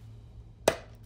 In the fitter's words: see there's like a lock unlock so you just push this in okay that locks